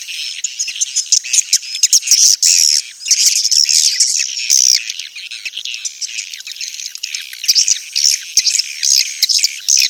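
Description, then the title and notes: Swiftlet calls, a steady wash of high, thin chirps and twitters, busier in the first half and again near the end. Sound used for swiftlet farming in Asia. "Swiflet Bird Sound. Farming Swiflet Bird asia sound"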